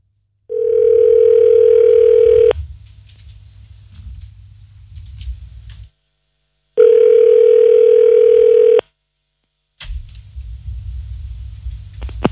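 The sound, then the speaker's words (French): Two long, steady ringback tones on an outgoing phone call, each lasting about two seconds and separated by a pause, with a low hum filling the gaps. “On va appeler quelqu'un d'autre. Mais je trouve qu'il décroche super vite, hein.”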